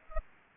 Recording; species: mosquito wingbeat signal from an infrared sensor; Aedes aegypti